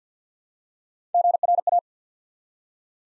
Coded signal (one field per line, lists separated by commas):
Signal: Morse code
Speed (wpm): 50 wpm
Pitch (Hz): 700 Hz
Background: none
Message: GRA